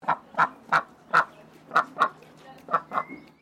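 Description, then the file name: Pekin duck quacking: a series of several harsh, nasal quacks. "BIRD DUCK PEKING QUACK"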